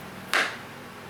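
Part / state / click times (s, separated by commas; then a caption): magnetic storage compartment into cue case / seated / 0.3 s. A magnetic storage compartment is put back onto a cue case. It clicks home on its magnet with a single sharp click at 0.3 s, which fades quickly into quiet background. The compartment is seated.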